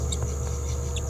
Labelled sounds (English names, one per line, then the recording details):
Green-rumped Parrotlet babbling
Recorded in a nest box in Venezuela
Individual 18B17A3